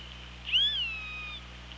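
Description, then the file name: Killer whale call: one clear tonal note that sweeps up, holds level and then trails off over about a second, with faint harmonics above and a steady low hum beneath. Recorded on the OrcaLab hydrophone on 24 August 2017 at 18:13. "Orca Lab 20170824 181346"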